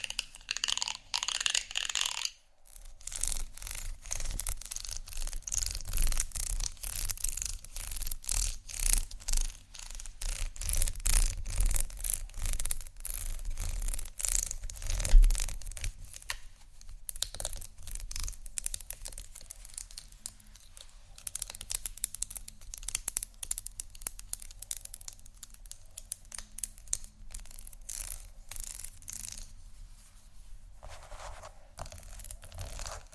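Scratching sounds run almost without a break, a dense, rapid rasping with a papery, rubbing texture and a soft low rumble underneath. A brief gap comes near three seconds, and a sharper scrape stands out around fifteen seconds before the steady scratching carries on.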